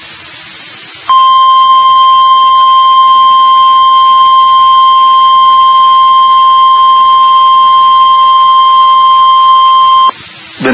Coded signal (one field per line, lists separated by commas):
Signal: Emergency Alert System (SAME) tones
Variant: 1050 Hz attention tone